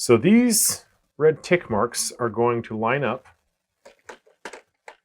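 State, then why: Seated. An interchangeable lens is lined up by its red tick marks with a Canon R6 III mirrorless camera body and rotated onto the metal bayonet mount until it locks, while someone talks. After the talk, a few short mechanical ticks follow, and the lens clicks home, seated, at 4.9 s.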